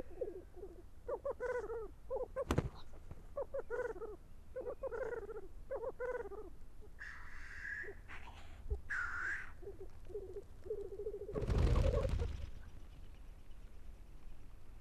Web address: aanitykset Tetrix